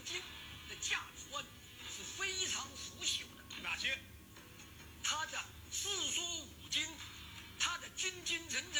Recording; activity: daily activity, guitar pickup as the sensor; browse video